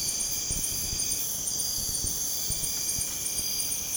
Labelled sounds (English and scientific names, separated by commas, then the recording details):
none
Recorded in pastures near Puerto Asís, Putumayo, Colombia, on 23 June 2025 at 02:00
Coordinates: 0.496, -76.326
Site GP01